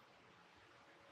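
The tilt mechanism of a Thule OutPace 2 hitch bike rack, mounted on the hitch of a 2023 Tesla Model Y, is handled as the rack is pushed up from its tilted position toward upright. Only a steady broadband hiss is heard, with no distinct impacts. Nothing has seated or clicked yet; the tilt latch has not clicked home.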